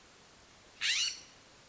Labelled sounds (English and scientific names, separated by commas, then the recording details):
California Scrub-Jay (Aphelocoma californica)
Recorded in Sonoma County, California